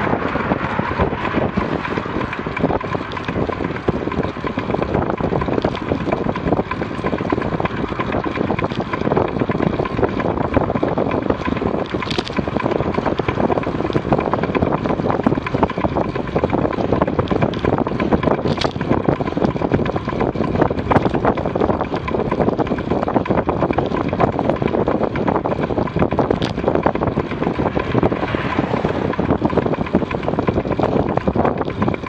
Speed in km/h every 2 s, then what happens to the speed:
33, 31, 32, 35, 35, 32, 29, 31, 33, 31, 33, 33, 29, 30, 29, 37.
0-32 steady at about 32.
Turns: none.